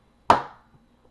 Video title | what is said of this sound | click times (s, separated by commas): How To Solder EC5 Connectors | it's done once it clicks like that and it's in there pretty good | 0.3 s